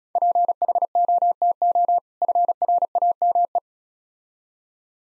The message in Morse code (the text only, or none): PHOTO FRAME